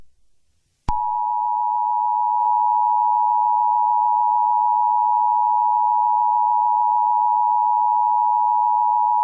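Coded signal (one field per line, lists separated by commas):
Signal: Emergency Alert System (SAME) tones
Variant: 853 and 960 Hz attention tone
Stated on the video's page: Fictional scenario containing both valid and invalid EAS tones, with distorted effects.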